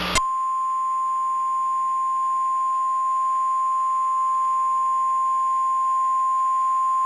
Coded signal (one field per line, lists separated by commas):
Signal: Emergency Alert System (SAME) tones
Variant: 1050 Hz attention tone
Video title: EAS Reenactment Mock: Tornado Warning for Daviess, Greene, and Martin Counties (05/07/2011)